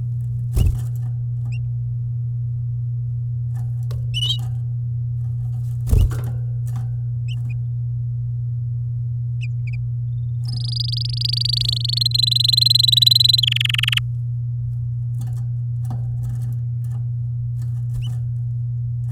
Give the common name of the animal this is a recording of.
Domestic Canary